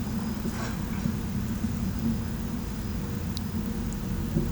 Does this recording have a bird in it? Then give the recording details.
no. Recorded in pastures near Puerto Asís, Putumayo, Colombia, on 20 December 2024 at 12:30. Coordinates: 0.505, -76.324. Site G063